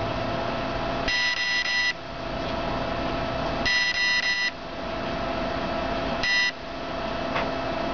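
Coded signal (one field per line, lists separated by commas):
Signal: beep code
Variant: CopterX 30A ESC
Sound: three electronic beep groups from a motor, two longer and one short, with steady hum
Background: electrical hum, background noise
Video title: CopterX 30AESC setting beep sequence.mp4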